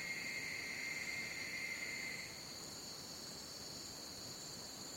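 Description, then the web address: Crickets in a steady high trilling chorus; a louder, lower whistling tone sounds for the first couple of seconds and then stops. Jungle crickets. "the sound pack tree. jungle crickets"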